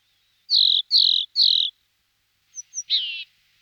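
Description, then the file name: Grey-headed chickadee calls: three loud, buzzy, slightly falling notes in quick succession, then two faint high ticks and one harsher buzzy note. "Golosa ptic - Serogolovaya gaichka Poecile cinctus"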